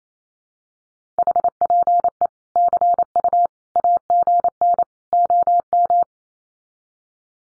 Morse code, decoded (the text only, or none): HPE CU AGN OM